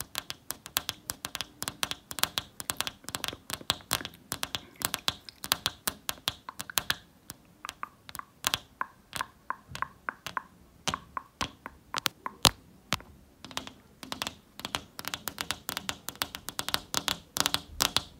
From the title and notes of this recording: ASMR Tapping with Long Nails Window Tapping.